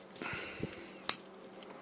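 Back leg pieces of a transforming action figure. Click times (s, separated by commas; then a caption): 1.1 s. The back leg pieces of a plastic Transformers Studio Series 01 Bumblebee transforming figure are pushed together, with faint handling rustle beforehand. A loud, sharp click rings out at 1.1 seconds as the parts snap into place, and the leg pieces are seated.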